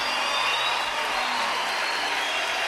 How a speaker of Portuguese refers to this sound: Está aí já, eu não sabia. Pode aplaudir, vem cá, Padre Léo. Já está aí já.